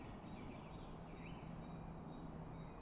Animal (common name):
Great Tit